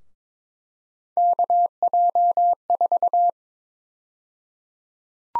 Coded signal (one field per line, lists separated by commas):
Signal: Morse code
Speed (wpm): 22 wpm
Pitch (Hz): 700 Hz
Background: none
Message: KJ4